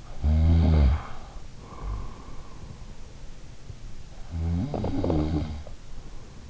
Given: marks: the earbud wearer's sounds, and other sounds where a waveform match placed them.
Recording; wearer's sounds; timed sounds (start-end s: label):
sounds in sleep by an in-ear microphone; snoring breath
0.11-2.57 s: snoring breath
4.17-6.34 s: snoring breath